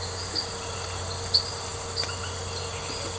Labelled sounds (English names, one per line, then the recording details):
none
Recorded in secondary vegetation near Puerto Asís, Putumayo, Colombia, on 19 March 2025 at 22:30
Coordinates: 0.468, -76.324
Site G059